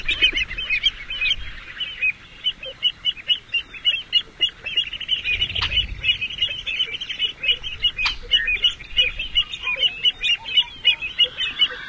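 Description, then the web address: American avocet calls: dense, overlapping high yelping notes from several birds, delivered in a steady stream, with a couple of sharp clicks and a faint low background rumble. "Songs of Birds of North America Know Your Bird Sounds. American Avocet"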